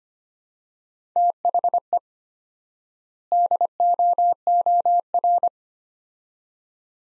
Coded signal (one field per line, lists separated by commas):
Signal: Morse code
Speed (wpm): 25 wpm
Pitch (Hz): 700 Hz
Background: none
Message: THE DOOR